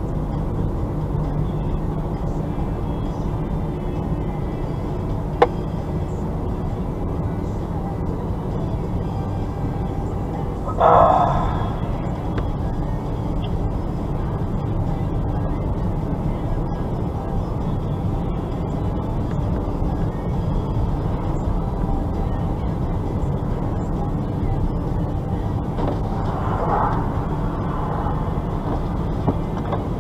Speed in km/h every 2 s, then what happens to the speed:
41, 41, 41, 42, 43, 44, 44, 45, 44, 45, 45, 45, 45, 43, 42.
0-30 steady at about 44.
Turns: none.